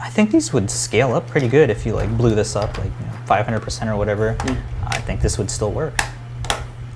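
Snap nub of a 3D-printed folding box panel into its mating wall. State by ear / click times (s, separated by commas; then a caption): seated / 6.5 s. Someone talks while snapping the snap nub of a 3D-printed plastic folding box panel into its mating wall. The part shuts with a sharp, satisfying click at about 6.5 s, and it is seated in place.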